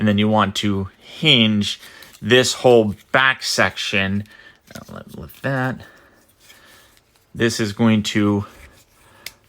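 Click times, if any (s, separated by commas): 9.3 s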